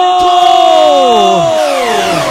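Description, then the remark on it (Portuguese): A crowd of Clube do Remo supporters lets out a loud, sustained shout that slides downward in pitch over about two seconds, voices blending into one long cry over a steady backing. “Mas independente da derrota ou da vitória, quem é do clube do Remo, dá-lhe um grito!”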